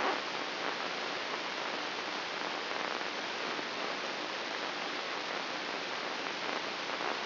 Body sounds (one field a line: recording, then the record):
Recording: brain microelectrode recording played as sound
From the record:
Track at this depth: inside the subthalamic nucleus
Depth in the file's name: 5.861 mm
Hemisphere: left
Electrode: 3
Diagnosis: Parkinson's disease